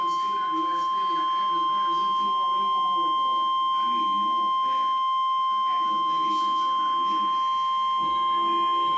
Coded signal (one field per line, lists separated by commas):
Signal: Emergency Alert System (SAME) tones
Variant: 1050 Hz attention tone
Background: speech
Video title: EAS Alert #340 (Tornado Emergency)